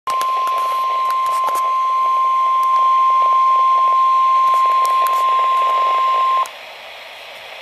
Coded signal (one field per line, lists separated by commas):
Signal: Emergency Alert System (SAME) tones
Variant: 1050 Hz attention tone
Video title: Severe T-Storm Warning from Binghamton! (EAS #1,189)